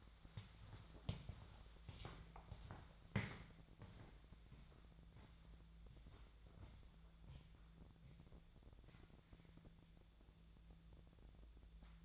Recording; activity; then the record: daily activity, microphone in the room; walk to room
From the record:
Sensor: 3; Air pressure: 999.9 hPa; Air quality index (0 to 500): 121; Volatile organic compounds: 2 ppm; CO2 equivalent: 1084 ppm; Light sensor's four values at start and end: 31/77/34/37 and 33/80/35/38